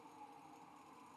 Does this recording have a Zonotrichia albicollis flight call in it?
no